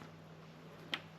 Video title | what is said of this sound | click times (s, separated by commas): Ducati Diavel 1260 - Healtech Quick Shifter Install Review (Motovlog #7) | and we've got our module so that literally just pops in here like this until it clicks | 0.9 s